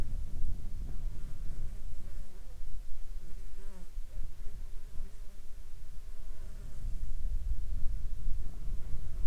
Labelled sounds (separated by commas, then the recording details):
insects
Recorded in the Arctic National Wildlife Refuge, Alaska, on 21 June 2019 at 10:00
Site 33